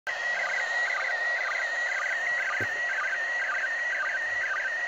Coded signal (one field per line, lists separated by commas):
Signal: SSTV (slow-scan television)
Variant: PD 120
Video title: ISS SSTV on April 2019